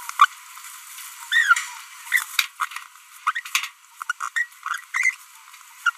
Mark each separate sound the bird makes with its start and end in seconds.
0.20-0.25, 1.32-1.61, 2.12-2.23, 3.27-3.40, 4.09-4.12, 4.21-4.28, 4.36-4.45, 4.94-5.15, 5.86-5.90